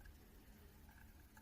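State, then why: Not seated. An LC fiber connector is brought to an SFP module port and lined up before being pushed home, with only faint handling sounds over a low background hum. Brief soft ticks occur near 0.1 s and 1.4 s, but the connector has not yet seated or clicked.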